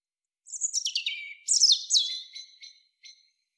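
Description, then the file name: European robin singing one high, tinkling phrase that descends and then bursts into shrill notes before fading into a few soft, thin notes. "Erithacus rubecula"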